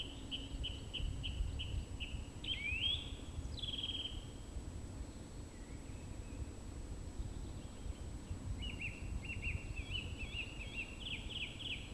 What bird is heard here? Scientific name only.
Turdus philomelos